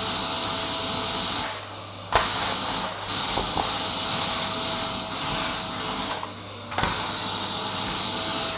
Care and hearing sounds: daily activity, microphone in the room; vacuum cleaning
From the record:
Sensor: 3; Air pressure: 994.4 hPa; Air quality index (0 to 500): 208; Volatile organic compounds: 1000 ppm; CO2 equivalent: 6924 ppm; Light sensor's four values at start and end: 69/163/67/64 and 74/168/71/69

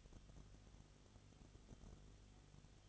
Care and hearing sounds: daily activity, microphone in the room; no activity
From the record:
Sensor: 4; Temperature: 22.7 degrees Celsius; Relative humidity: 31.7%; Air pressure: 995.4 hPa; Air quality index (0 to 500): 158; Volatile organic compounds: 2 ppm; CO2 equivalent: 1253 ppm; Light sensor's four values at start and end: 2/3/1/1 and 2/3/1/1

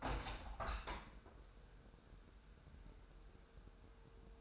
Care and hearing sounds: daily activity, microphone in the room; open window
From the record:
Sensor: 2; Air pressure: 999.8 hPa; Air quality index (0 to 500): 224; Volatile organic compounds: 53 ppm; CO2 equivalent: 3336 ppm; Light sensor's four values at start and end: 8/19/8/8 and 9/20/8/8

